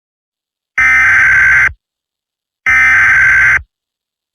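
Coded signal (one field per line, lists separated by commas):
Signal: Emergency Alert System (SAME) tones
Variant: header bursts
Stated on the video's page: Simulated EAS scenario.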